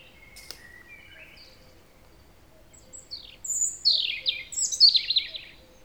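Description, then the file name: European robin song: a sharp click and a few faint thin notes, then loud, high sliding whistles and fast descending trills in quick bursts. "Erithacus rubecula"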